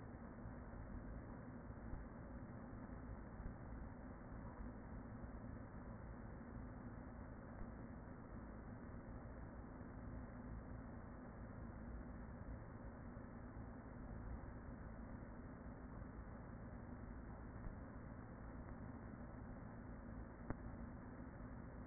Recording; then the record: honeybee colony, microphone inside the hive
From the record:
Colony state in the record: queen present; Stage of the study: after two queens were removed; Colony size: about 40,000 bees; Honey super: no